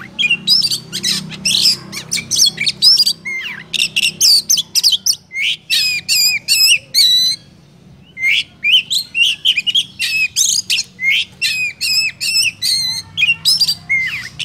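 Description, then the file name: Oriental magpie-robin singing a fast medley of sharp chirps, buzzy squawks and sliding whistles, pausing for about a second midway before resuming. Used as a lure for trapping. "suara burung kacer pikat"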